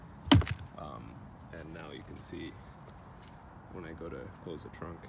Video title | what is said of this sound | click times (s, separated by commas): HOW TO: 2006-2007 Mazda MazdaSpeed6 Trunk Strut Replacement | You press it right in, and it'll lock and click into place. | 0.3 s